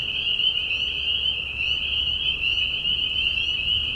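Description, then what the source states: Spring peeper chorus, shrill high peeping merged into a constant tone, with a faint low hum beneath it. Peeper frogs giving mating calls in a marsh at night during a very short spring season, Tiny Marsh Conservation Area, Tiny, Ontario; high whistles at low volume.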